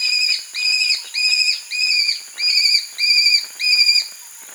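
Aplomado falcon giving a steady series of seven similar ringing notes, each slightly arched in pitch.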